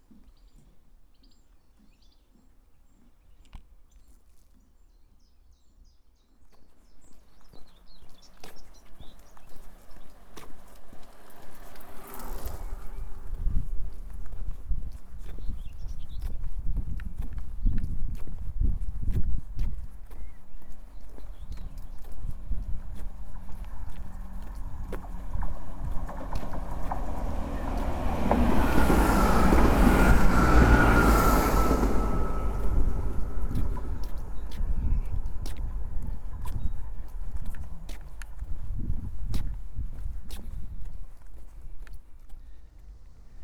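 A walk along the East Devon Way: near-silence, then steady crunching footsteps from about six seconds, with a loud rushing swell around thirty seconds.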